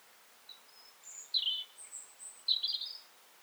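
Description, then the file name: European robin song fragment: very high, thin drawn notes leading into rapid, tumbling trills, a brief sparkling phrase with no other clear sounds. "Erithacus rubecula"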